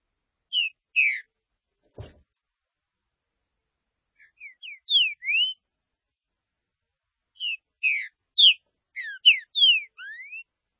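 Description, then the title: Green-winged saltator song, loud whistled slurred notes in phrases, some ending on a rising note, with a single sharp click. "Trinca Ferro"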